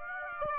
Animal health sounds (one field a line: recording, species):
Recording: mosquito wingbeat signal from an infrared sensor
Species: Aedes aegypti